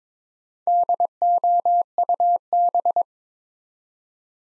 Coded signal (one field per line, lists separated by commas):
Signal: Morse code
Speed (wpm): 22 wpm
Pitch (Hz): 700 Hz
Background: none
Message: DOUB